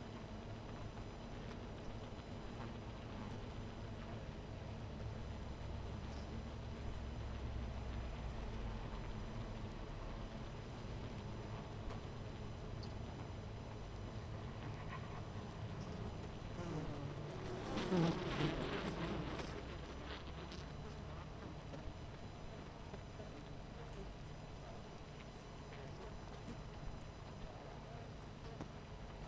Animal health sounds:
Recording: honeybee colony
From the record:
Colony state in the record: missing queen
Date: 14 July 2017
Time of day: 12:09

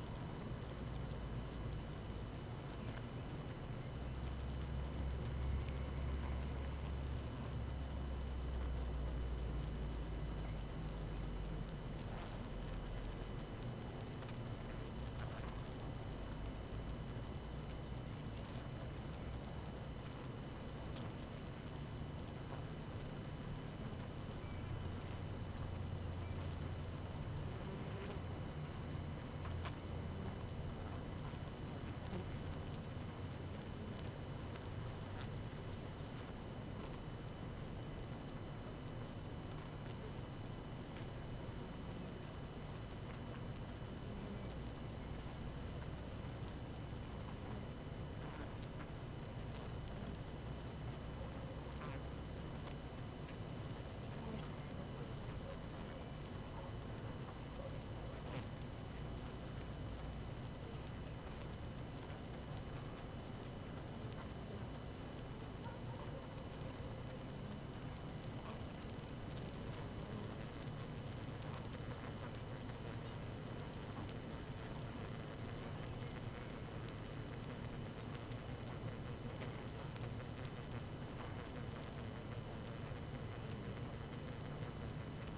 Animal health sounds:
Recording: honeybee colony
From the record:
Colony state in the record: active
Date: 12 June 2018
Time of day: 17:50

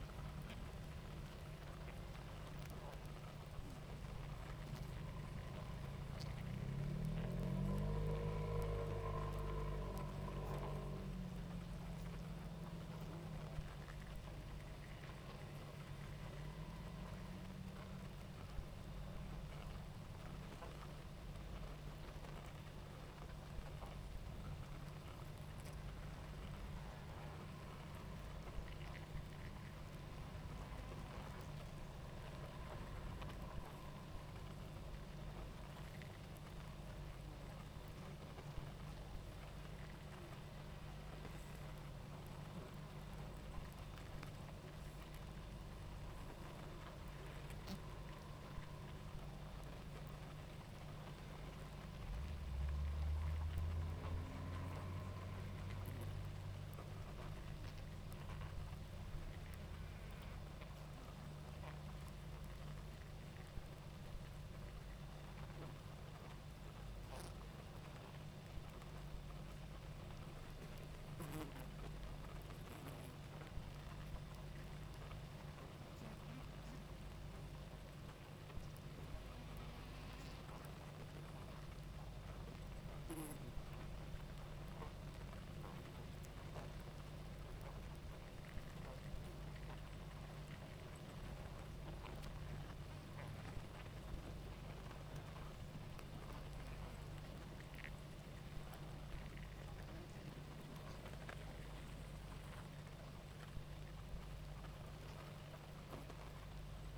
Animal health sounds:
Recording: honeybee colony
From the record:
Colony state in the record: active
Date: 28 July 2017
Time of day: 19:13

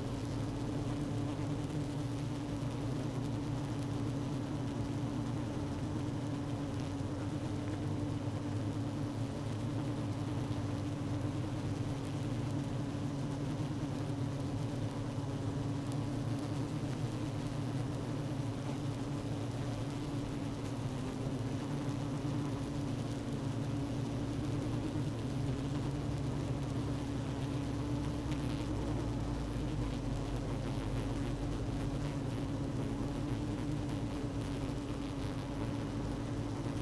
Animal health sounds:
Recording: honeybee colony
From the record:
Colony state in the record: active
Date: 12 June 2018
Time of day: 16:04

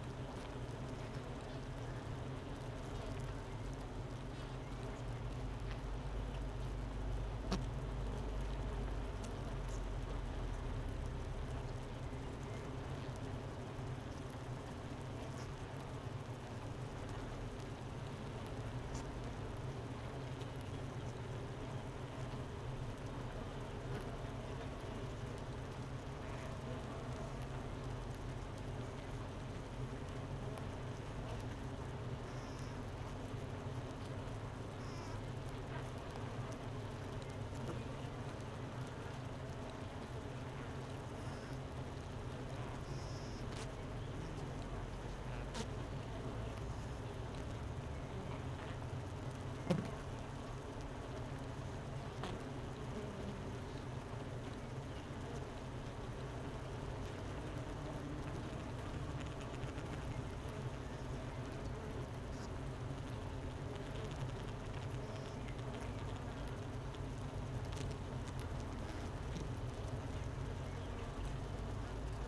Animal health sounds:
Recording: honeybee colony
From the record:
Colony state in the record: missing queen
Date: 31 May 2018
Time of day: 10:38

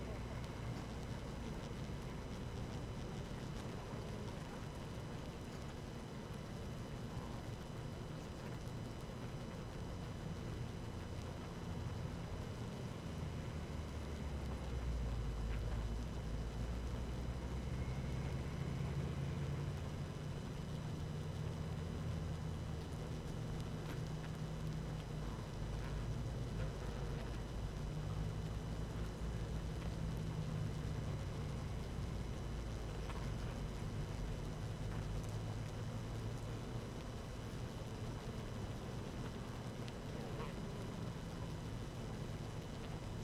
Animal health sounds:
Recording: honeybee colony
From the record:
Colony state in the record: active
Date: 12 June 2018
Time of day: 18:04

